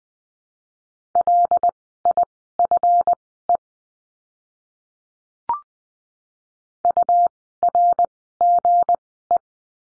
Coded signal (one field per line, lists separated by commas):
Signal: Morse code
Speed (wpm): 20 wpm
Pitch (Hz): 700 Hz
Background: none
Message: LIFE URGE